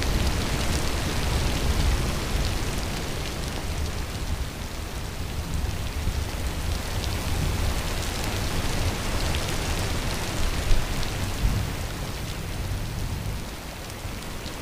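Heavy rain pours down in a dense, steady hiss with a low rumbling undertone throughout. Scattered brighter drops and splashes stand out, with a couple of sharper hits near eleven seconds, while the overall level eases slightly toward the end.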